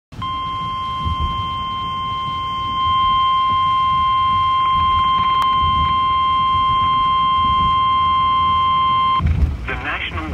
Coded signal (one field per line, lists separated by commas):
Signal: Emergency Alert System (SAME) tones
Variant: 1050 Hz attention tone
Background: speech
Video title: EAS #229 (Tornado Warning)